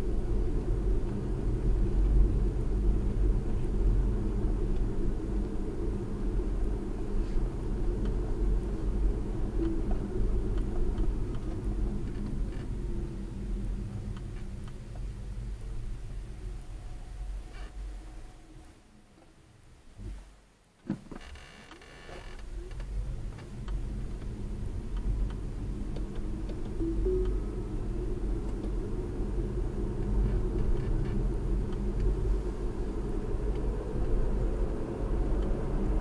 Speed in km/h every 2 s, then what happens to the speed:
39, 39, 39, 39, 39, 34, 23, 11, 5, 0, 0, 15, 26, 32, 37, 40, 44, 52.
0-9 steady at about 39. 9-17 brakes to 0. 17-21 standing. 21-36 pulls away to 52.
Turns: none.